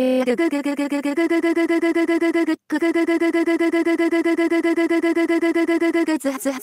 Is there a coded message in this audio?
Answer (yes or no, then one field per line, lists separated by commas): no